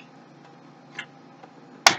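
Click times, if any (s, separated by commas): 1.9 s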